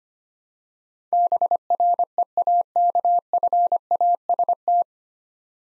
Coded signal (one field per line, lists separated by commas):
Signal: Morse code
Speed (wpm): 25 wpm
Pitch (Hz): 700 Hz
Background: none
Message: BREAKFAST